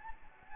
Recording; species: mosquito wingbeat signal from an infrared sensor; Anopheles gambiae